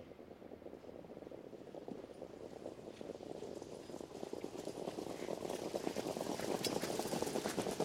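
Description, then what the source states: Horse hooves pounding in fast rhythmic beats, growing louder over the seconds amid a broad rumbling wash of noise. Several horses running on a racecourse.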